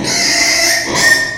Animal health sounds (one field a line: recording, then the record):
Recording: squeal of a Yucatan mini pig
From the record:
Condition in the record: before surgery on the right vocal fold (resection and tissue-engineered implant)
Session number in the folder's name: 2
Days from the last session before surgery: 0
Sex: male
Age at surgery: 12 weeks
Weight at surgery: 13 kg